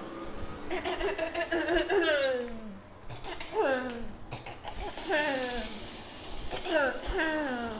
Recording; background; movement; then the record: throat clearing; traffic; walking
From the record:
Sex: female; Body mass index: 18.3 kg/m2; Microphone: on the chest, facing outward